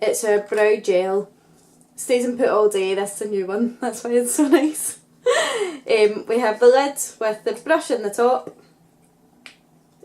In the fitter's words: Click into place and use as a handle.